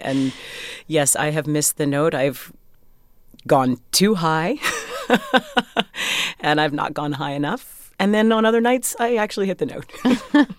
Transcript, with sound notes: And yes, I have missed the note. I've gone too high.
(LAUGHTER)
And I've not gone high enough. And then on other nights, I actually hit the note.